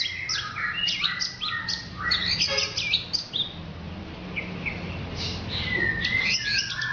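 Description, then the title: Orange-headed thrush song: dense, fast jumble of whistles and high chips, then a quieter stretch ending with a drawn-out whistle, over a low hum. "Anis Merah"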